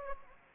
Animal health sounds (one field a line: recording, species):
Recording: mosquito wingbeat signal from an infrared sensor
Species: Anopheles gambiae